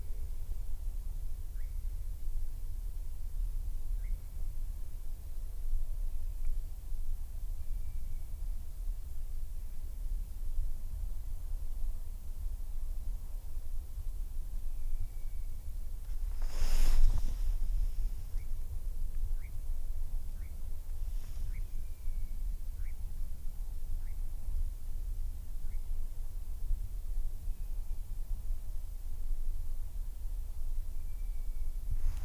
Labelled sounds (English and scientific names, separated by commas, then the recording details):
Eurasian Nightjar (Caprimulgus europaeus) flight call
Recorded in the wild
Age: adult
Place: Schönow, Naturpark Barnim, Brandenburg, DE
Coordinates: 52.6897, 13.5131
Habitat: heathland
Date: 2007-07-08 22:56
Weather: heiter, 13°C, fast windstill
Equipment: Sound Devices 702, Sennheiser MKH 416 T, Windkorb
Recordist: Frommolt, Karl-Heinz